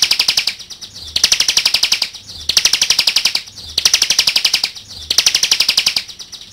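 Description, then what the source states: Bar-winged prinia song: several high, buzzy, rapidly pulsed trills, each about a second long and separated by short pauses. Ciblek labelled 'jatra'.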